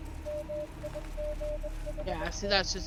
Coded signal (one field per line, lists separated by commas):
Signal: Morse code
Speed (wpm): 21 wpm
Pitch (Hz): 600 Hz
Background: speech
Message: MIGHT